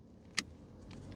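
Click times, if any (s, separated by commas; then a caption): 0.4 s. An electrical wiring connector is pushed onto the back of a new headlight switch for a Vauxhall (Opel) Corsa D. A sharp, bright click at 0.4 s marks the connector locking firmly into position, followed by a few faint, soft handling sounds. The connector is seated.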